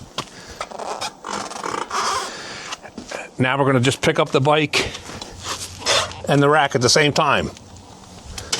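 Someone talks while the folding arm of a loaded hitch-mounted X2 Max ebike rack is lifted together with the bike toward its upright lock, with several short metallic knocks and rattles along the way. Nothing has seated or locked into place yet.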